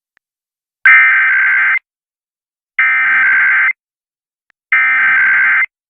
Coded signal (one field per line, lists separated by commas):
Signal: Emergency Alert System (SAME) tones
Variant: header bursts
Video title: Main Hanford Stations is Back From Offline (EAS #20276-20307) 7/9/24